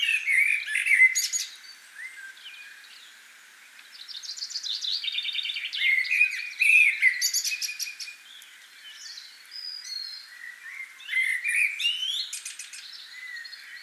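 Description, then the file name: Common blackbird song: several mellow warbled phrases mixed with sharp high twitters. "Turdus merula"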